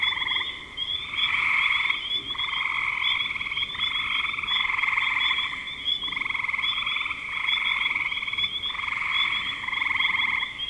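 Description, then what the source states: Chorus of frogs giving rapid pulsed trills, several callers overlapping so the sound stays nearly continuous, rising and falling in loudness about every one to two seconds. Recorded in spring 2025.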